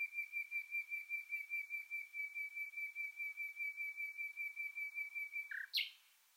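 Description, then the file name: Common nightingale song: a long run of evenly pulsed whistled notes held on one steady pitch, ending with a brief sharp flourish. "Luscinia megarhynchos"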